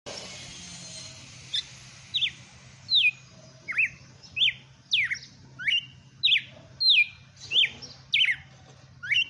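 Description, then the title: Red-cowled cardinal singing a series of clear, down-slurred whistled notes in quick succession over a quiet low hum. Female bird; song in the style called açoite selvagem. "Canto Galo Campina Fêmea. Galo de campina FENRIR no AÇOITE SELVAGEM"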